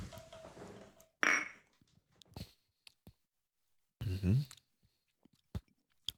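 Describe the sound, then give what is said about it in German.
Glasses clink once in a toast with a bright ring, followed by scattered small clicks and a short stretch of slurping, swallowing sips of the drinks, with soft murmured voices at the start. “Sollen wir mal einen Schluck nehmen? Ja, ich schluck. Prost. Prost.”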